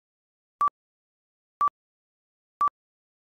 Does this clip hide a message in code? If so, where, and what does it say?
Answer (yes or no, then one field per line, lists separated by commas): no